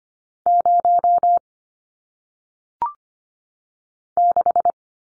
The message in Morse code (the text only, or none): 0 6